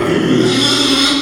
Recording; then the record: squeal of a Yucatan mini pig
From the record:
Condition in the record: after surgery on the right vocal fold (resection and tissue-engineered implant); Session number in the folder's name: 2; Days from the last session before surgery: 13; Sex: male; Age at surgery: 12 weeks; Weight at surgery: 13 kg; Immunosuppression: cyclosporine, prednisolone